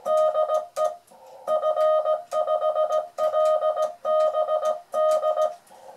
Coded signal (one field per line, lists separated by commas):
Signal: Morse code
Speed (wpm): 17 wpm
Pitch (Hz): 620 Hz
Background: none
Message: DE F5LBD